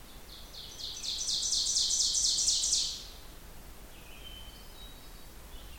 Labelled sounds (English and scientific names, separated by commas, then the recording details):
Ovenbird (Seiurus aurocapilla) song
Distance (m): 20 m
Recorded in boreal forest in Alberta, Canada, on 16 June 2016 at 07:02
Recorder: SongMeter 3, array SBT-3-32
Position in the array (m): 163 m, 36 m
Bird 36